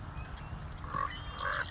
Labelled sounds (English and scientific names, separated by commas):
Common Raven (Corvus corax)